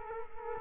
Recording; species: mosquito wingbeat signal from an infrared sensor; Culex quinquefasciatus